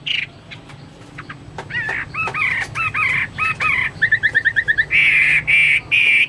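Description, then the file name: Chinese hwamei giving sharp clicks and rapid repeated notes, then loud, steady whistled tones toward the end. "omkicau hwamei"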